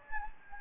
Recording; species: mosquito wingbeat signal from an infrared sensor; Anopheles gambiae